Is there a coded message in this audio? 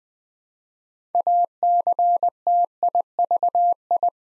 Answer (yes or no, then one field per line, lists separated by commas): yes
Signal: Morse code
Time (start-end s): 1.1-4.1 s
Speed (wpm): 20 wpm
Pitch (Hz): 700 Hz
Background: none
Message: ACTIVI